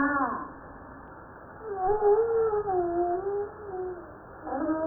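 Humpback whale song: a wavering, slowly rising and falling tonal moan, opened and closed by brief harmonic cries.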